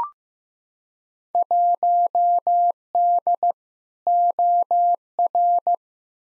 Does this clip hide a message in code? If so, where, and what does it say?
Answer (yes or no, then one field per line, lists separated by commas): yes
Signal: Morse code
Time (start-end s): 1.3-5.7 s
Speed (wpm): 15 wpm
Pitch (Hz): 700 Hz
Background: none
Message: 1D OR